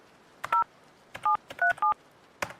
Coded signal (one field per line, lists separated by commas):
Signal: DTMF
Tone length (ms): 120 ms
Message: 0737